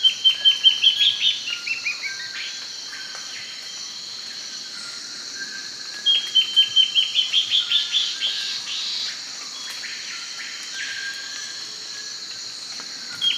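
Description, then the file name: Bird giving two bursts of quick, sharp, high notes that run downward and fade. A continuous shrill insect hum runs underneath throughout. "SABIOD 50 bird 2015"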